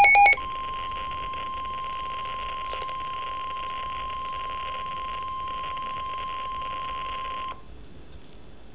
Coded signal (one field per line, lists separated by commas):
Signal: Emergency Alert System (SAME) tones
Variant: 1050 Hz attention tone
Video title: Severe Thunderstorm Warning for DC and 3 Counties in MD, Amazing CG Lightning Strike {EAS #429}